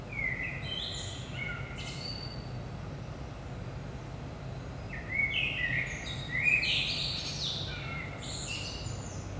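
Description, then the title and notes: Common blackbird song: a warbled phrase with a thin high tail, a pause, then a longer fluty phrase ending in squeaky twitters; low hum throughout. Recorded at 5 am in early morning in Saint-Gilles, Belgium; DPA 4060 microphones in AB position into a Zoom F3 recorder. "Saint-Gilles, Belgique - 5am Blackbird. Blackbird in the morning. Merle au petit matin"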